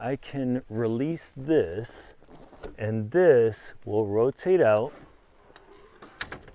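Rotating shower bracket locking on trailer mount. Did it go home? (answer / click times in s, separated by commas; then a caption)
yes / 6.2 s. Someone talks, then releases a metal swing-out shower bracket on a trailer mount and rotates it out. After a few faint knocks, it locks into place with a sharp metallic clack at 6.2 s.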